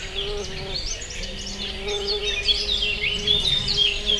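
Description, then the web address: Wasp humming, a low steady drone with slight wavering, accompanied by lively high-pitched bird chirps. Several wasps recorded in nature at a water house in 2015, captured with a cardioid microphone. "allathangok termeszetben darazs 2015 darazsak vizhaz"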